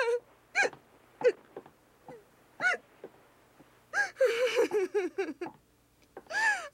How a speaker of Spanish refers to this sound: Creo que estás empezando con un gran ataque de llanto.